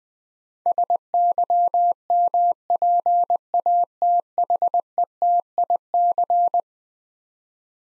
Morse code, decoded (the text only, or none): SYMPATHETIC